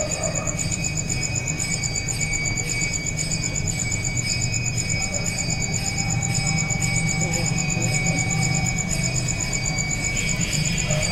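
A rapid, very regular high-pitched pulsing, like an insect's trill, runs unbroken for the whole stretch, joined by a few thin steady whines. Beneath it sits a constant low rumble, with faint scattered knocks and murmurs, and the overall level stays even.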